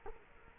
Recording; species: mosquito wingbeat signal from an infrared sensor; Culex quinquefasciatus